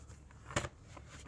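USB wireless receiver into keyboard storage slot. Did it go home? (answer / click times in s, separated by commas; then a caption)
yes / 0.6 s. On the second try, a plastic USB wireless receiver is pushed into the storage slot on the back of a Logitech K400 Plus wireless media keyboard, so the receiver isn't lost when the keyboard is transported. A few faint ticks come before it, then it seats with a sharp click at 0.6 s.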